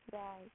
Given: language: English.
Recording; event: throat vibration sensor signal played as sound; speech